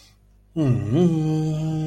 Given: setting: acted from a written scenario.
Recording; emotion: vocal sound without words; sadness